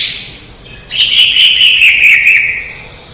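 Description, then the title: Leafbird song: a loud, bright whistled warble rising in at about one second, then flowing with quick ornamented twists before fading. Lively, energetic singing (gacor), recorded 2017. "Suara Burung Cucak Ijo Gacor, Kicauan Terbaik 2017"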